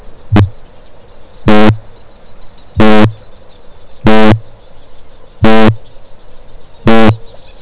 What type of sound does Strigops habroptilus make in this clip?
boom